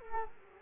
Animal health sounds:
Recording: mosquito wingbeat signal from an infrared sensor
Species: Culex quinquefasciatus

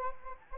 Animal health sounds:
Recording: mosquito wingbeat signal from an infrared sensor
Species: Anopheles gambiae

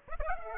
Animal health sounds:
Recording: mosquito wingbeat signal from an infrared sensor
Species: Aedes aegypti

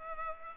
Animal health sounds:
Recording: mosquito wingbeat signal from an infrared sensor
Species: Culex pipiens

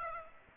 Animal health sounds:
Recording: mosquito wingbeat signal from an infrared sensor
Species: Aedes aegypti

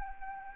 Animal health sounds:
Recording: mosquito wingbeat signal from an infrared sensor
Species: Anopheles arabiensis

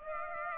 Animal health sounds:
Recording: mosquito wingbeat signal from an infrared sensor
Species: Aedes aegypti

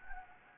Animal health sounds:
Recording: mosquito wingbeat signal from an infrared sensor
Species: Anopheles gambiae

